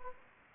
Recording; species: mosquito wingbeat signal from an infrared sensor; Anopheles gambiae